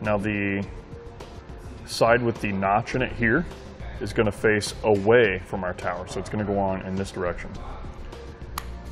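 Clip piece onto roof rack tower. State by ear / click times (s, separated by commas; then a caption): seated / 8.6 s. A plastic clip piece with a notch is pushed onto the tower of a Yakima RidgeLine roof rack for flush rails on a 2014 Nissan Versa, with the notched side facing away from the tower. Someone talks over background music, and one sharp snap at 8.6 s marks the clip seating into place.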